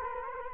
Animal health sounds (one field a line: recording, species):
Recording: mosquito wingbeat signal from an infrared sensor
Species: Culex quinquefasciatus